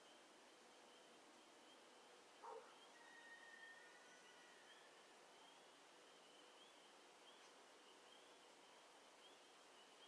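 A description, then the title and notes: A quiet, cloudy night: steady hiss with a thin high drone, broken once early on by a short dog yip. Early Morning Audio. Was supposed to storm, though ended up being a cloudy and peaceful night.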